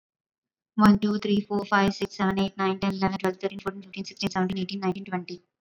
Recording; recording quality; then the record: counting at a fast pace; excellent, no background noise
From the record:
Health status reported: recovered from COVID-19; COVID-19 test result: negative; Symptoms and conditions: none ticked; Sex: female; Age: 33 years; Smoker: not ticked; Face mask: not worn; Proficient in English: yes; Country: India